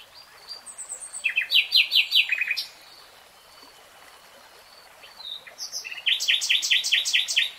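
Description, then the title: Nightingale song: a phrase of sharp strokes, a pause, then a rapid series of loud repeated notes. Nightingale singing in real time. "[Tiếng chim hót] 3 Hours REALTIME Nightingale Singing"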